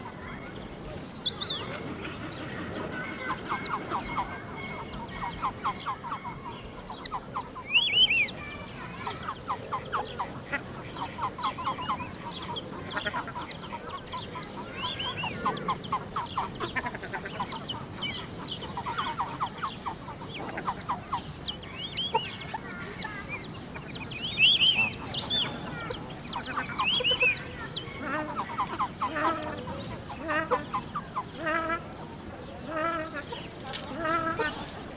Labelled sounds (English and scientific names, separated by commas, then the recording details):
White-faced Whistling Duck (Dendrocygna viduata) call
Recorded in captivity
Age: adult
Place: Zoo Halle, Sachsen-Anhalt, DE
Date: 1987-04-11
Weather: fair, 7-10°C
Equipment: Nagra SN, Kopie Tesla B 116
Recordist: Tembrock, Günter